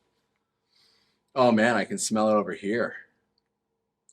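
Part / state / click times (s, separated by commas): cap onto perfume bottle / seated / 4.1 s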